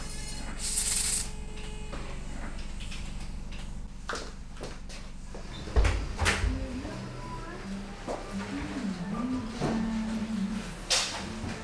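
Machines and instruments run together: a steady low hum with a faint whine fills the first half, broken by a short bright hiss near one second. Sharp knocks land around four to six seconds, then wavering low tones drift in among scattered taps.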